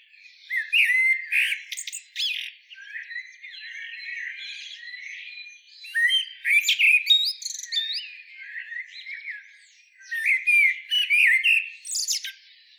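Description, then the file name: Eurasian blackbird in song, three main phrases of rich whistles each ending in a sharp squeaky twitter, separated by quieter warbling. "Turdus merula"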